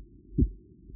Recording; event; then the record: neck accelerometer signal played as sound; voluntary cough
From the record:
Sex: female